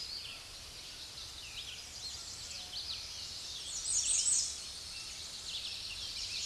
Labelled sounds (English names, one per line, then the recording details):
American Redstart song
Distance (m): 15 m
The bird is about 15 m above the microphone
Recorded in a Pennsylvania forest on 16 May 2024 at 06:58
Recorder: AudioMoth, point MSD-2273
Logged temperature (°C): 16.0 °C
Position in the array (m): 49 m, 226 m